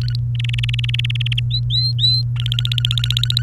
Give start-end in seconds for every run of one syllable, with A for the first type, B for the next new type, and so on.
0.02-0.16 A, 0.35-1.40 B, 1.51-2.22 C, 2.36-3.42 A